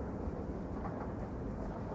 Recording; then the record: background sound without coughing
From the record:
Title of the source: Train Ride Ambience ambient white noise for sleeping, focus, studying, reading